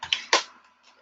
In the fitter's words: then until you hear the snap push